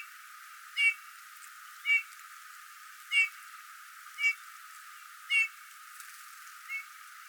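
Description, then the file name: Eurasian bullfinch giving soft, piping whistled notes, six calls spaced about a second apart, the last one fainter, over a quiet background hiss. "Pyrrhula pyrrhula"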